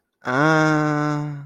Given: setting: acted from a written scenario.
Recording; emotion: vocal sound without words; confusion